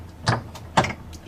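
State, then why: Seated. The support arms of a LeMans 2 corner-cupboard pull-out unit are fitted to the side and pressed into their cabinet mounting brackets, where they simply snap in place. Two short, sharp snaps are heard at 0.3 s and 0.8 s, each confirming an arm has seated, followed by a faint tick near 1.1 s.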